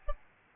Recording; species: mosquito wingbeat signal from an infrared sensor; Aedes albopictus